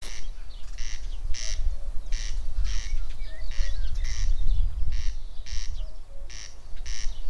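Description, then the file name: Corn crake rasping call, dry grating bursts in pairs repeated steadily, over a steady low rumble with faint whistles. "Wachtelkönig"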